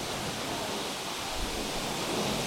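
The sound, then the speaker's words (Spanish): Hail comes down in a dense, steady roar of countless tiny impacts, a loud hiss-like wash of sound with no pauses and a faint low rumble underneath. “Es que está cayendo granizo.”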